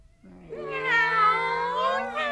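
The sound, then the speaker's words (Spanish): In Sailor Moon, a stray cat being fed at a shelter for street cats lets out a long, drawn-out meow that rises and swells in loudness, strained and wavering, with a second meow starting just as it ends. No one speaks. “Sí, este es un refugio para los gatos callejeros.”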